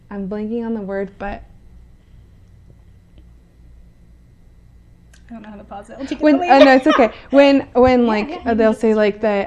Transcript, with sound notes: I’m blanking on the word but-
I don’t know how to pause it [laughs]
It’s OK! When like they’ll say like, that